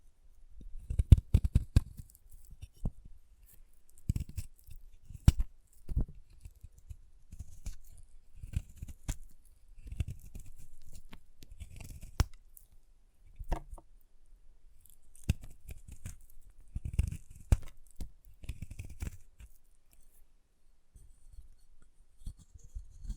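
Chalk is carved and cut up close in a small quiet room, with irregular scraping strokes and sharp clicks scattered through the clip. Low dull thumps come in clusters, busiest near the start and again around seventeen seconds, with brief pauses between bursts.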